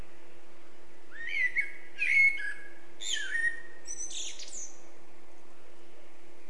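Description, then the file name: Eurasian blackbird song: a few clear, rolling whistled notes in quick succession, finishing with a high, scratchy twitter, with a low steady hum behind. "Turdus merula"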